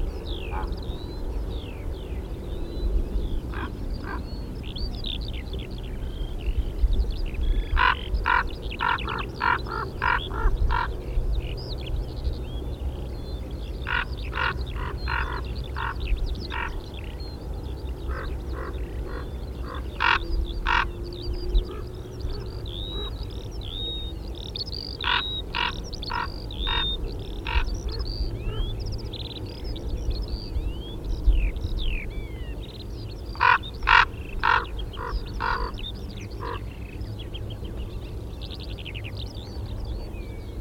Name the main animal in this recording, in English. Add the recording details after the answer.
Common Raven. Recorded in the wild. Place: Putbus, Insel Rügen, Mecklenburg-Vorpommern, DE. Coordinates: 54.382, 13.483. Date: 1977-05-10 06:15. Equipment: Nagra III BH, Sennheiser MD 21, parabola. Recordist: Schubert, Michael. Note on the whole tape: Kolkraben-Paar warnt flügge Junge